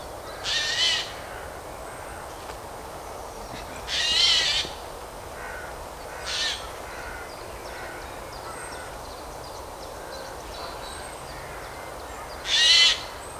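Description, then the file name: Eurasian jay with scattered raspy screeching calls, four bursts separated by pauses of a few seconds, with quiet background bird notes. "Garrulus glandarius"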